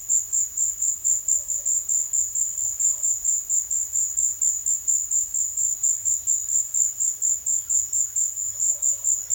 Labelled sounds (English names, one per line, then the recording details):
none
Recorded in secondary vegetation near Puerto Asís, Putumayo, Colombia, on 23 June 2025 at 15:30
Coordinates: 0.500, -76.326
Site GP08